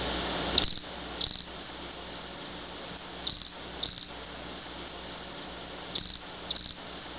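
Cricket chirps, short high trilled pulses given in pairs roughly every two and a half seconds, over low steady background noise.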